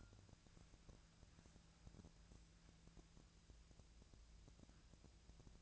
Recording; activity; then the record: daily activity, microphone in the room; wipe stove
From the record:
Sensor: 2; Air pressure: 1000.4 hPa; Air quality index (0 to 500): 174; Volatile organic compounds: 3 ppm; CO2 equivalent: 1447 ppm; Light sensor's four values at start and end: 10/23/10/10 and 10/23/10/10